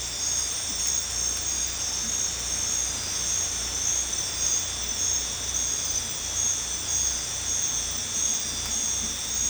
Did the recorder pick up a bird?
no